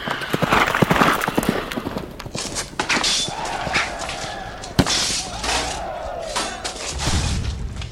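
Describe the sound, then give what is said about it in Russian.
Horses gallop in a fast, pounding rush of hoofbeats, dense and loud, with a noisy rumble and an occasional sharp thud mixed through the charge, as mounted Cossack riders charge into an attack. “Садись на коней и зададим недоверкам жару.”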